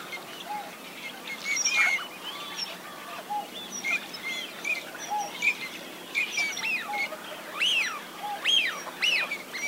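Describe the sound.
Teal calls: a busy chorus of brief whistled notes and arched, up-and-down whistles from several birds, growing denser toward the end.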